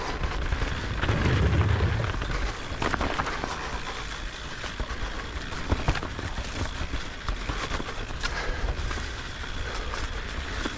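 Trail cycling on frosty ground, a steady crunching rumble with frequent sharp clicks and rattles, louder in the first few seconds.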